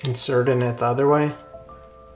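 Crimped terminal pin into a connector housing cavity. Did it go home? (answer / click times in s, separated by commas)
no / none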